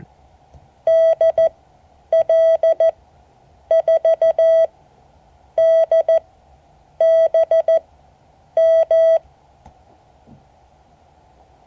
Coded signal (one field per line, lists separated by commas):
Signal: Morse code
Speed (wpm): 14 wpm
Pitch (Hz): 650 Hz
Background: none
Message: DL4DBM